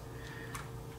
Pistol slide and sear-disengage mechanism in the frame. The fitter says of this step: pull the slide back a little bit till it clicks and that